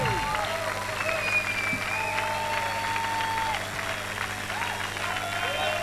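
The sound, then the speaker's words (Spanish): An audience applauds steadily throughout, a dense, continuous wash of many hands clapping at even loudness, with faint crowd voices and some tonal sounds mixed underneath, heard on radio station 90.1. “Y estos aplausos no son para nosotros, justamente.”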